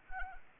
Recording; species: mosquito wingbeat signal from an infrared sensor; Anopheles arabiensis